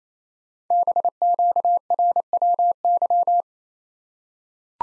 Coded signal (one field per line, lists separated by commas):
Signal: Morse code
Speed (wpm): 27 wpm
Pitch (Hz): 700 Hz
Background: none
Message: BQRWY